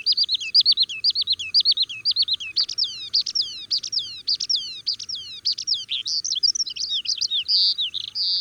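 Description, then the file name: Oriental skylark singing: a run of high, descending slurred notes, then fast repeated down-swept whistles and varied bright chirps in a continuous stream. "alauda gulgula"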